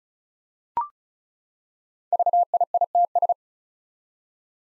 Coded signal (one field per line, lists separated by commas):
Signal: Morse code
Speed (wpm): 36 wpm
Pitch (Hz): 700 Hz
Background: none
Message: VIITS